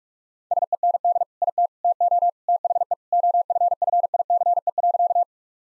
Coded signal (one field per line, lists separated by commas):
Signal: Morse code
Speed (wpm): 46 wpm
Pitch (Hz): 700 Hz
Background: none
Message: SEND IT TO THE OFFICE.